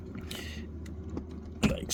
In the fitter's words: you pop out the front one like